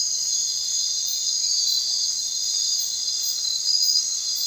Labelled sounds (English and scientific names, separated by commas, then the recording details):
none
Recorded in secondary vegetation near Puerto Asís, Putumayo, Colombia, on 30 June 2025 at 22:00
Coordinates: 0.499, -76.323
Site G077